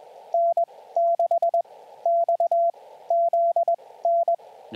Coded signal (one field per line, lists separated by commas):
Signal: Morse code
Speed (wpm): 21 wpm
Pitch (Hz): 680 Hz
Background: radio noise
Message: N6XZN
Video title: #4 Callsign Practice | Morse Code for SOTA